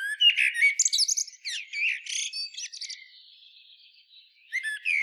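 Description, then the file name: Common blackbird song: a dense, chattering phrase with rapid high twitters and slurred notes that fades into a thin, faint trail, then resumes briefly at the end. "Turdus merula"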